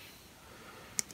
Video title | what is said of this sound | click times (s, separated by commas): Strip to Strip RGBW 12mm Connectors | clip all the way down so | 1.0 s